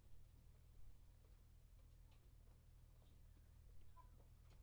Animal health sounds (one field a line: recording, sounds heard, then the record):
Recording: poultry house recording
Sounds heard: healthy chickens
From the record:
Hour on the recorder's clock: 21